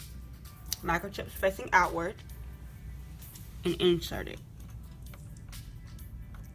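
A memory module is handled over a motherboard DIMM slot while someone talks, with a sharp tap near 0.7 s and a few faint soft knocks later in the clip. The module has not seated or clicked into the slot yet.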